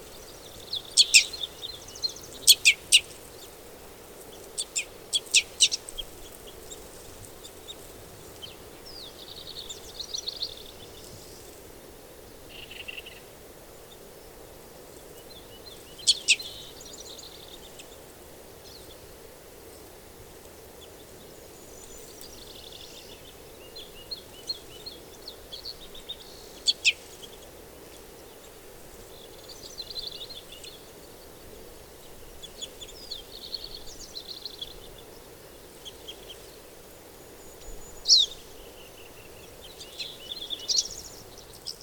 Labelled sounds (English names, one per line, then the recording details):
Red Crossbill call
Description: Red Crossbill call recorded on the Cow Creek Trail in Rocky Mountain National Park
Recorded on 22 June 2015